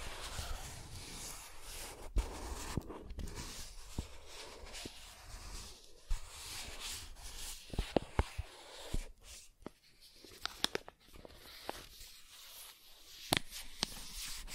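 Soft tracing moves across smooth and rough surfaces, a dense, shifting scratchy rustle that swells and thins without a steady rhythm. Sharp clicks and taps break through irregularly, clustering around the middle and later seconds, with brief quieter gaps near nine and eleven seconds.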